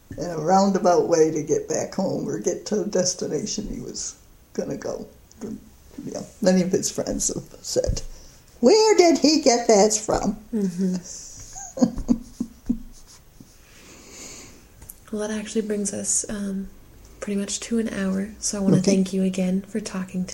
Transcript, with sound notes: in a roundabout way to get back home or get to a destination he was going to go to. Many of his friends said, where did he get that from? [laughs]
That actually brings us pretty much to an hour. So, I want to thank you again for talking to me.